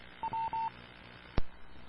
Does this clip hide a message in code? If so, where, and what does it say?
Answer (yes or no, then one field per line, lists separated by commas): no